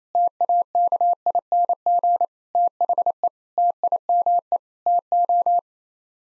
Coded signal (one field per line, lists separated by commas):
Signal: Morse code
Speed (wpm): 28 wpm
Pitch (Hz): 700 Hz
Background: none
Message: TAKING THE TIME TO